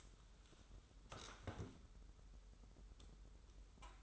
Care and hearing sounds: daily activity, microphone in the room; sit down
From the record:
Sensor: 3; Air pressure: 994.4 hPa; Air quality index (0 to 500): 200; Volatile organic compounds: 1000 ppm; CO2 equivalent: 6622 ppm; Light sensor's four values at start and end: 183/435/185/186 and 167/393/168/166

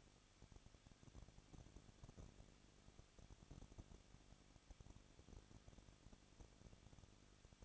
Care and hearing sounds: daily activity, microphone in the room; no activity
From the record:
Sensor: 4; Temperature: 23.0 degrees Celsius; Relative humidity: 34.2%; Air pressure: 1007.2 hPa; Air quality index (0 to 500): 213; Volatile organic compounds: 14 ppm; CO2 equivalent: 2457 ppm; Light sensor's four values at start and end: 2/3/1/1 and 2/3/1/1

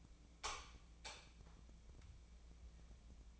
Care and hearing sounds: daily activity, microphone in the room; light on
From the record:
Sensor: 1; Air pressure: 1000.0 hPa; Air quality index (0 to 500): 130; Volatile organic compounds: 2 ppm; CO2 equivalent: 1232 ppm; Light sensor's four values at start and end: 31/77/32/39 and 34/89/36/44

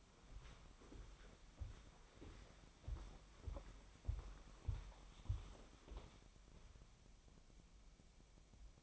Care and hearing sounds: daily activity, microphone in the room; walk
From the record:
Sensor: 1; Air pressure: 1015.4 hPa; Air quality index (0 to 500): 125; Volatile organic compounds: 5 ppm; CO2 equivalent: 1710 ppm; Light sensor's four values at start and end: 8/19/7/8 and 7/18/7/7

